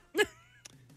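One loud, abrupt, voiced cough from an adult male actor, then a faint short sound; an ordinary single cough.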